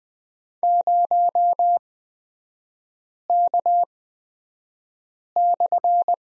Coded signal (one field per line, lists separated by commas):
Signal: Morse code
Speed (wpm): 20 wpm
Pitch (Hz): 700 Hz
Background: none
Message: 0K/